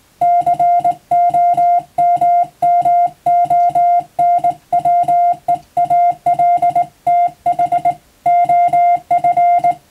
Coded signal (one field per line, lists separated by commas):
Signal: Morse code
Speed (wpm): 20 wpm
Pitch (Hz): 700 Hz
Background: music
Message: COMMONWEALTH OF